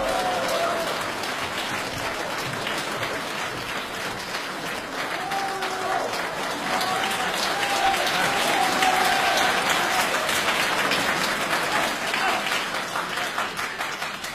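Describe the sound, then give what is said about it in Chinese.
Sustained audience applause at the Beijing Weekend Crosstalk Club welcoming crosstalk performers Shi Bufan and Li Jindou for the piece "Wen San Guo", a dense crackle of many hands clapping steadily, growing slightly louder midway, with faint voices calling out underneath. “请大家欣赏相声《问三国》，表演者呢是优秀的青年相声演员史不凡和他的师父李金斗，掌声欢迎。”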